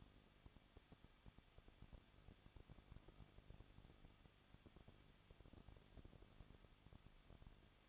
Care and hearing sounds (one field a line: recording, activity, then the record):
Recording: daily activity, microphone in the room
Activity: no activity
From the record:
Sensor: 4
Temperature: 23.0 degrees Celsius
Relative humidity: 34.0%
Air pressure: 1007.3 hPa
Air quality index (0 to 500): 215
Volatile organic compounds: 15 ppm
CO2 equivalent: 2479 ppm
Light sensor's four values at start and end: 2/3/1/1 and 2/3/1/1